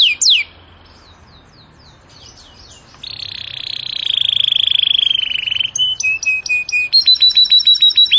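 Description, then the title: Canary song with sharp sweeping notes, a pause, a long rolling buzzy trill, then evenly repeated clipped high chips. Canary song in the cengkok style; a master recording. "Cengkok Kenari Mewah. MASTERAN KENARI CENGKOK mewah"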